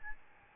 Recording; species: mosquito wingbeat signal from an infrared sensor; Aedes albopictus